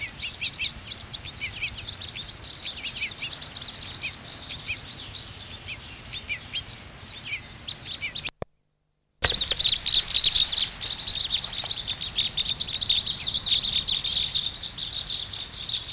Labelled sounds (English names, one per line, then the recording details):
Red Crossbill song
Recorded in the wild
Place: Montreux, Kanton Waadt, CH
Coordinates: 46.4517, 6.97722
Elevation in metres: 1514
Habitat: mountains
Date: 1986-05-20
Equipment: Uher 4000 Report, Sennheiser MKH 815 T
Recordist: Tretzel, Erwin